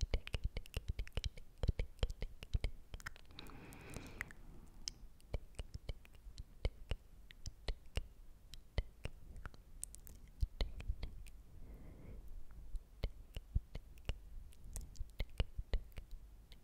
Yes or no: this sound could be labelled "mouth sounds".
yes